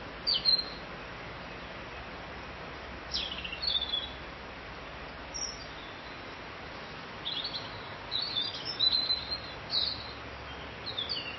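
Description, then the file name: Bird chirps in short high bursts scattered through the recording, busier toward the end, with a constant background hiss. "Vogel"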